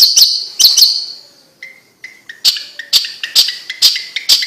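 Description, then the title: Bird chirps in a quick cluster, then quiet soft whistles, followed by steady sharp chirps alternating with short lower notes. "Kicau Burung Yoi"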